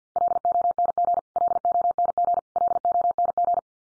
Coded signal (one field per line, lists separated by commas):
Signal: Morse code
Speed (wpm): 50 wpm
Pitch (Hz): 700 Hz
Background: none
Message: LONG LONG LONG